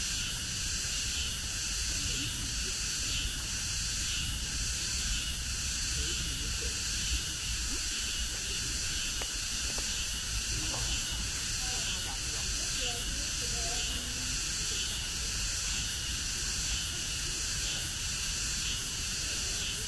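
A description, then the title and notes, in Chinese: Cicadas drone after rain at Nanjing's Ming Xiaoling, a steady, dense, bright shrill chorus that never lets up, over a faint low rumble. 南京明孝陵的雨后蝉鸣。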